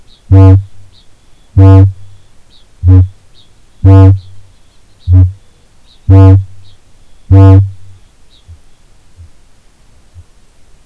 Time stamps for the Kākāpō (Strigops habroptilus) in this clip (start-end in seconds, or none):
0.00-10.39